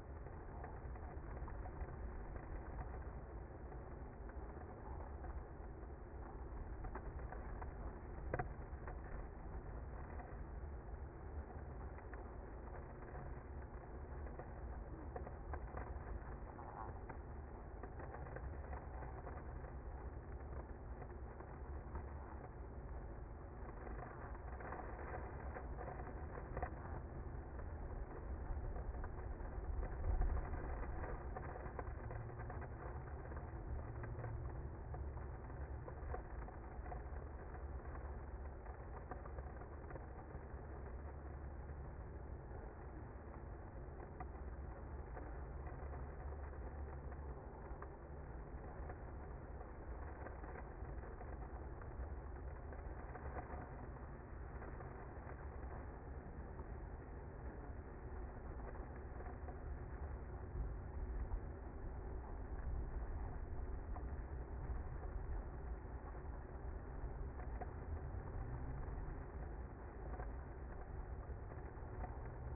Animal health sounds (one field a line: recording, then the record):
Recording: honeybee colony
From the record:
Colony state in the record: active